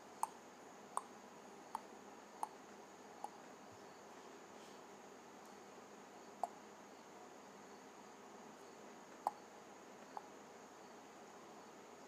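Sharp tongue clicks pop out one at a time, quickly at first, about every second over the first three seconds, then sparser, with longer gaps near 6, 9 and 10 seconds. Between them a steady soft hiss and a faint high whine continue.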